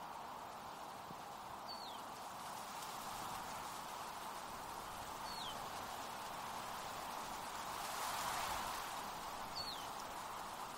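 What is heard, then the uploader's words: Wind rushes steadily through trees and fields, a dense, even hiss with a soft swell around eight seconds. A single bird gives short, bright descending whistles at about two, five and nine and a half seconds, with faint rustling beneath. Wind sounds, singing birds and other relaxing nature sounds.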